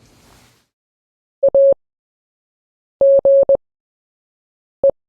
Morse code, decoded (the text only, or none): AGE